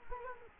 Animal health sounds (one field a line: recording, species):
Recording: mosquito wingbeat signal from an infrared sensor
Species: Culex quinquefasciatus